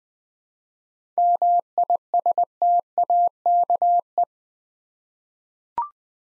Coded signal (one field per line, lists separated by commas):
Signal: Morse code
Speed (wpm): 20 wpm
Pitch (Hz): 700 Hz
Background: none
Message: MISTAKE